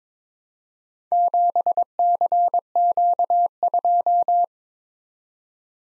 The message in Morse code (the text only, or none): 7CQ2